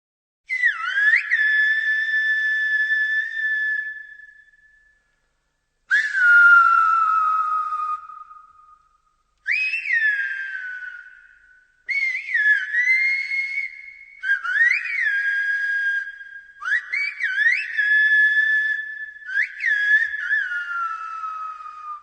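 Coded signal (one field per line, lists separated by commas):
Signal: whistled language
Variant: Silbo Gomero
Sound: loud gliding whistled phrases, about six, rising and falling in pitch with short pauses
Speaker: according to the translation I have here they were discussing a party and one was asking the other to go and get a musical instrument to bring to it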